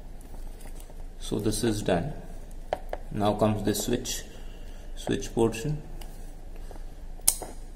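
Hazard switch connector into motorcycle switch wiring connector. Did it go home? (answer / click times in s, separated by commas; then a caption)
yes / 7.3 s. A plastic wiring connector from a Simtac hazard light kit on a 2019 Dominar 400 is pushed into its mating motorcycle switch wiring connector, and it seats with one sharp click at 7.3 s. Someone talks through most of the clip, with a few faint ticks and taps before the click.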